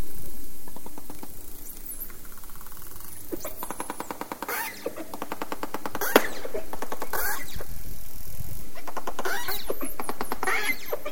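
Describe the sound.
Dolphin pulsed sounds, dense crackling click trains and buzzes in repeated bursts, with brief faint high whistles.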